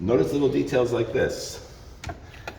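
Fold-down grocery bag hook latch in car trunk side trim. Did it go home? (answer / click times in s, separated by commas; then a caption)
released / 2.0 s, 2.5 s. A small plastic fold-down grocery-bag hook latch in the trunk side trim of a 2011 Mercedes-Benz E550 4matic AMG Sport (W212) is pulled down. Someone talks through the first part, and then two short ticks sound at 2.0 s and 2.5 s as the latch folds down and is released.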